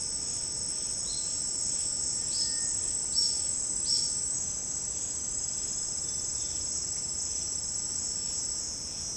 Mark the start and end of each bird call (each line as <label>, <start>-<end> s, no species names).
bird call, 2.26-3.38 s
bird call, 3.83-4.11 s